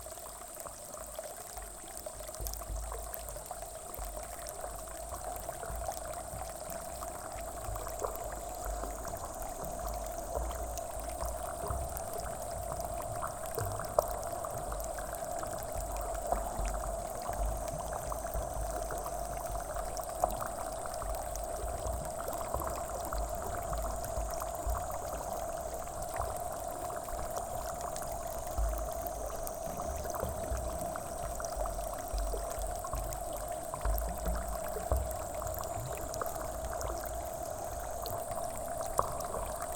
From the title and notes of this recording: This episode is a composition comprising field recordings I made in Kyoto Japan in 2015.